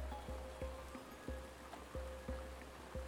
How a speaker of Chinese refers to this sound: 窗外雨声不绝，有点越下越大的势头。百无聊赖，罗任掀起窗帘布去看，小院的排水不行，院子里边已经积了水，雨打在水面上，涟漪混着水花。